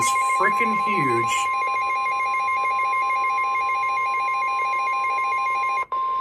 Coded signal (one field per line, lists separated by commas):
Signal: Emergency Alert System (SAME) tones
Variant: 1050 Hz attention tone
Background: speech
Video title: February Flooding - EAS Alerts from 2/15/25 || EAS 1,596-1,613